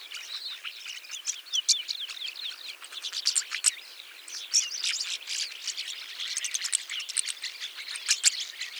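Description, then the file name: Rosy starling song with squeaky upslurred whistles mixed into rapid dry clicking and buzzy rattles, steady for the whole stretch. "jalak mawar"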